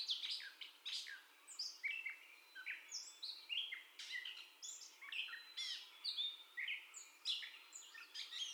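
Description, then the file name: Gray catbird song of scratchy chips, downslurred whistles and thin high squeaks strung together in a halting, jumbled sequence. First song, 30 May 2021. "2021-05-30 Catbird First Song"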